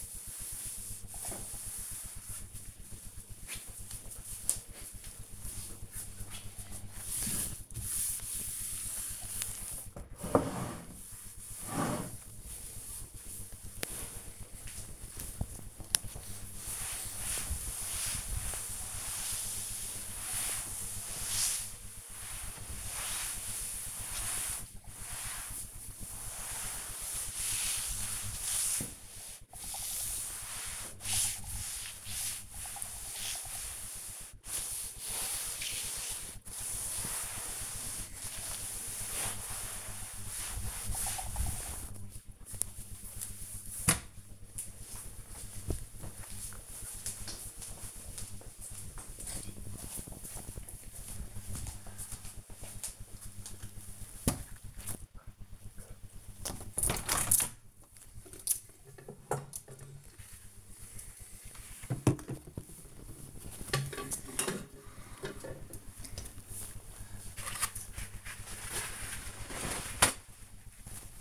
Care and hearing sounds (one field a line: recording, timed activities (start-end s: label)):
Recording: household activities, microphone on the right wrist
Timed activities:
0.00-42.43 s: cleaning table
56.53-71.21 s: window cleaning